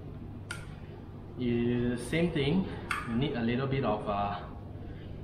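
A crimped cable pin is pushed by hand into a plastic battery connector housing during a Jeep JL Wrangler second-battery installation with an NVX BIR500 isolator, taking a little strength. A sharp click at 0.5 s marks the pin fully seating in the housing, and then someone talks.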